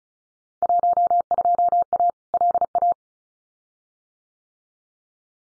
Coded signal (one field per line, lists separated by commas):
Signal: Morse code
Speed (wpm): 36 wpm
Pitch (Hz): 700 Hz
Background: none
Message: 12A LA